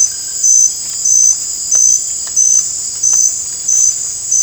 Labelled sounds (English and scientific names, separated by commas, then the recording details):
none
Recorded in dense forest near Puerto Asís, Putumayo, Colombia, on 22 December 2024 at 20:00
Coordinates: 0.481, -76.323
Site G100